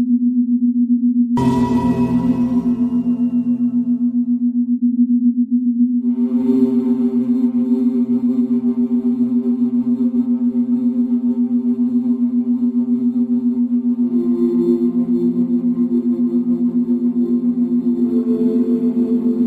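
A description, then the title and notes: Binaural beats: a steady low hum holds unchanged from start to finish. Near the start a struck bowl rings out and fades over a few seconds, and from about six seconds a sustained ringing drone with bright overtones joins, shifting slightly near fourteen and eighteen seconds. Focus sounds, Binaural Beats Concentration sounds.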